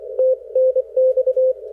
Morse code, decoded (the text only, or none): TNX